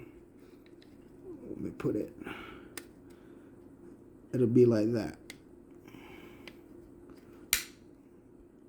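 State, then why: Seated. A 9mm Masada pistol's fire control chassis is angled at about 45 degrees and pressed down into its polymer grip frame while someone talks, with soft handling rustles. A sharp click at 7.5 seconds marks the chassis seating into the frame.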